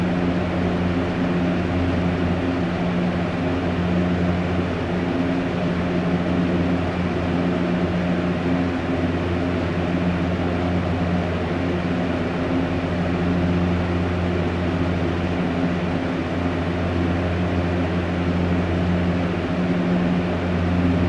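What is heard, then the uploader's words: A box fan runs steadily with a dense, even whoosh and a low motor hum, unchanging throughout with no distinct events. Box Fan White Noise.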